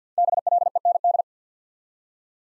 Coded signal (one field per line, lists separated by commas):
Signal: Morse code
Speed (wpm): 48 wpm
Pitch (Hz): 700 Hz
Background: none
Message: BLEND